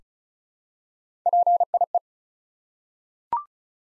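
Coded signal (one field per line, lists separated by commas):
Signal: Morse code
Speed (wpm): 36 wpm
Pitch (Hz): 700 Hz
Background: none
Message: PIE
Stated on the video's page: Morse code practice at 35 wpm, difficult words with contextual hints, for copying practice.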